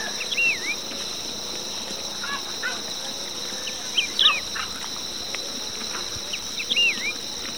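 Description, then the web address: Wedge-tailed Grass-Finch calls, a few thin high wavering notes scattered throughout over a steady high insect drone. Recorded in Ecuador. "Birds of Ecuador Wedge-tailed Grass-Finch"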